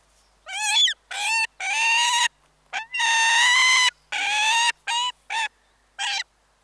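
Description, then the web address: Peregrine falcon giving harsh, strongly harmonic wailing calls, some long and drawn out, others short chirrups, in uneven bursts with brief silences between. Close-range annoyance and chirrup calls. "BBC Falcons"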